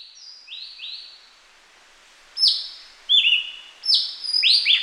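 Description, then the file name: Javan green magpie calls: shrill, clipped whistles stepping downward, soft at first, then loud repeated bursts toward the end. "suara burung cissa thalassina ekek keling"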